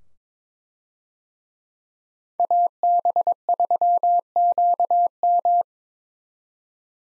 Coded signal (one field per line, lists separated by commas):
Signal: Morse code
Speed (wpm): 22 wpm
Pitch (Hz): 700 Hz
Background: none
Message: AB3QM